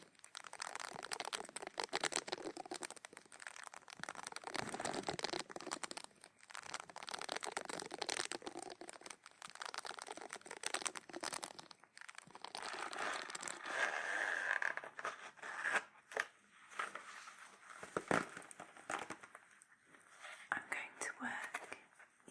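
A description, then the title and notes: Ear cleaning and massage sounds: a dense, continuous run of scratchy rustling and crinkling, with quick crackles and rubs packed closely together. The texture shifts slightly, dropping out briefly near 6, 12 and 18 seconds before resuming, and stays bright and gritty throughout. Cleaning Deep in Your Ears Ear Massage.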